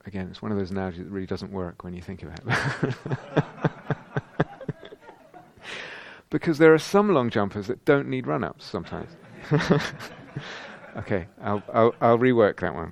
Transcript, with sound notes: again, it's one of those analogies that really doesn't work when you think about it. [laughter] Because there are some long jumpers that don't need run-ups, sometimes! Okay, I'll rework that one.